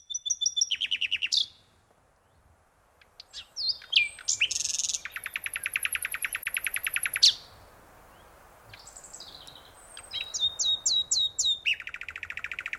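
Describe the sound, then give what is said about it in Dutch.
A nightingale, recorded in Zeeland, Netherlands, sings alone in varied bursts: rapid repeated piping notes, a loud buzzing rattle, sharp whistled phrases and short pauses between strophes, with a faint low rumble underneath. “We gaan nu luisteren naar een Zeeuwse nachtegaal.”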